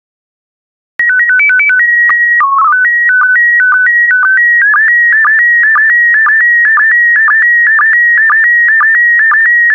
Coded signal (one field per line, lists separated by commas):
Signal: SSTV (slow-scan television)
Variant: PD 120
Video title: 93003 Brazil SSTV PD120